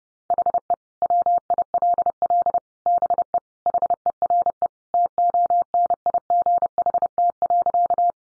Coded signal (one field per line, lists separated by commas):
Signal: Morse code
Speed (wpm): 30 wpm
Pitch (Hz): 700 Hz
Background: none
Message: HE WILL BE HERE TONIGHT.